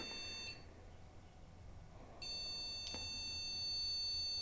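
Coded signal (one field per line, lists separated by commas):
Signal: beep code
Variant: Award BIOS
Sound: a high-pitched tone breaks off, then one long continuous beep, with a click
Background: faint room hum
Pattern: 1 long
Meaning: One long continuous beep on an Award BIOS indicates a memory (RAM) problem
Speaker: right check the award bios beep codes and plug the little pc postcard in just to confirm and one long continuous beep that suggests uh ram problem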